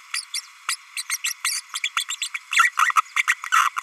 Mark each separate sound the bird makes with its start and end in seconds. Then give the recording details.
0.13-0.25, 0.33-0.41, 0.68-0.76, 0.96-1.03, 1.09-1.18, 1.24-1.33, 1.44-1.61, 1.74-1.79, 1.83-1.90, 1.96-2.05, 2.08-2.16, 2.21-2.28, 2.34-2.39, 2.52-2.71, 2.79-2.93, 2.96-3.01, 3.16-3.23, 3.27-3.34, 3.52-3.70, 3.76-3.82. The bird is a female. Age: 32 days. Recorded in a nest box in Venezuela. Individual 17B32A5